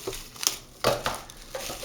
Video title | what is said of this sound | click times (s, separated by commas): GPS TAKARA GP 73 V 3 test en FR | ça se clipse sans doute dessus. Hop, comme ça. | 0.5 s